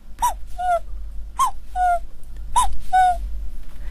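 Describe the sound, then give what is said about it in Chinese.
A performer imitates a young cuckoo's bright call with sounds from deep in the throat while playing a jaw harp held in the mouth and plucked by hand: three bright, clear two-note phrases, each a higher note dropping to a lower one, repeated at an even pace over a low steady hum. “你说年轻一点的这个比较小一点的布谷鸟哈，它是非常阳光的。”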